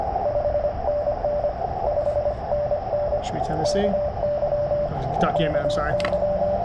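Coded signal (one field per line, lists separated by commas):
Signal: Morse code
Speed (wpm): 24 wpm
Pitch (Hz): 590 Hz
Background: speech, radio noise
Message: 5NN 5NN KY KY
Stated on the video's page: CW Parks On The Air activation on a Yaesu 891 in weird band conditions with lots of fading; fifteen contacts logged.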